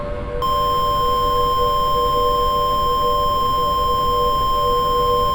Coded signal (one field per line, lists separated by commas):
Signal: Emergency Alert System (SAME) tones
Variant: 1050 Hz attention tone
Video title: Outbreak I: Denver Dismemberment (EAS Scenario)